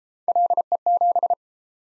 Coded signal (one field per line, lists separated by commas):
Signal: Morse code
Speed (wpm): 36 wpm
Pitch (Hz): 700 Hz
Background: none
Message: LE7